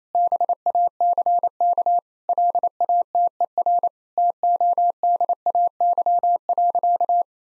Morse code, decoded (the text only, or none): BACK LATER TODAY.